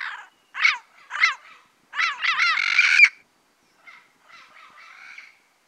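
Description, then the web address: Turquoise-fronted amazon giving harsh, squawking calls in short bursts, then a rapid series of raspy notes, then softer chattering. Recorded in the Pantanal, Brazil. "sescpantanal. Papagaio verdadeiro"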